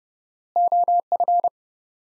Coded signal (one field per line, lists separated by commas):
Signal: Morse code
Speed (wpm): 32 wpm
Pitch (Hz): 700 Hz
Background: none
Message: OF